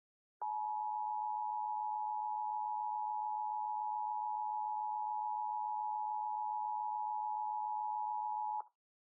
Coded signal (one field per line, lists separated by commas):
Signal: Emergency Alert System (SAME) tones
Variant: 853 and 960 Hz attention tone